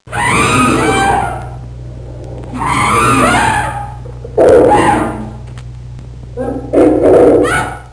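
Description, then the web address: Orangutan calls: four loud, harsh, strained bursts of about a second each, separated by short pauses, with a steady low hum running underneath. "Soundsation. Animals Orangutans"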